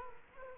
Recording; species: mosquito wingbeat signal from an infrared sensor; Culex quinquefasciatus